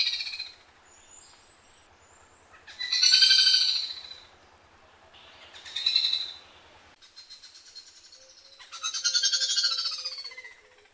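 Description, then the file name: Yellow-billed malkoha calls, a few harsh rasping bursts separated by pauses, with faint thin whistles between. Sulawesi. "suara kadalan sulawesi"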